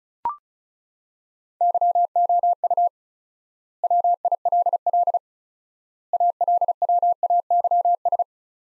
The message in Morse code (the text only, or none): YOU WILL ALWAYS